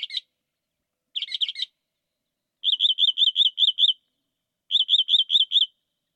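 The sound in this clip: Northern mockingbird singing: short buzzy note clusters, then two runs of quick, even, whistled notes repeated in series.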